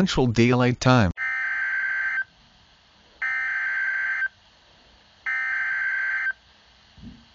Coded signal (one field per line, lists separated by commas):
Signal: Emergency Alert System (SAME) tones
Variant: header bursts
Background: speech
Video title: EAS Scenario